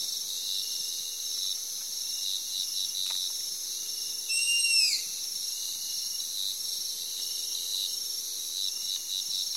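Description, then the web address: Striped owl giving one short, clear, downslurred whistle, briefly rising then falling, over a steady high chorus of insects. Eastern lowlands of South America. "Natures Songs S America Eastern Lowlands Striped Owl"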